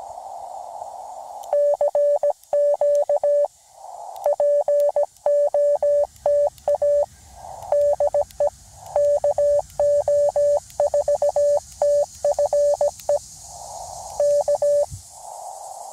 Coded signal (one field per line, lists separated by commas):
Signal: Morse code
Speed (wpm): 17 wpm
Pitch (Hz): 580 Hz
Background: radio noise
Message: CQ POTA DE KO4TFE K